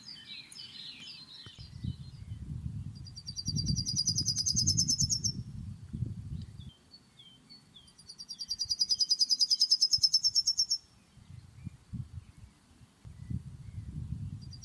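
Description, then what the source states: Yellowhammer song: two bursts of rapid, high repeated notes over low rumbling noise. Rapid sequence of short high notes; presented as a garden visitor.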